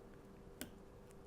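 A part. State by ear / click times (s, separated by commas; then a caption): seated / 0.6 s. A plastic quick release valve fitting on a vacuum pump hose is pushed into the quick release hose barb, giving one sharp click at 0.6 s over a steady low hum, followed by a faint tick at 1.1 s. The click shows the fitting is seated properly, and the vacuum holds.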